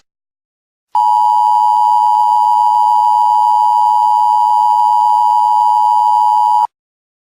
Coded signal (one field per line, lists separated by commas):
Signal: Emergency Alert System (SAME) tones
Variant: 853 and 960 Hz attention tone